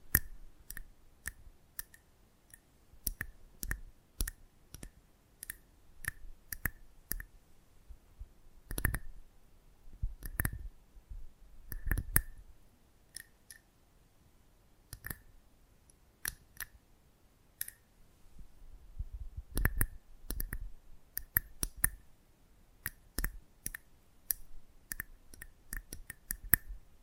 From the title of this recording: Close Up Mic Treatment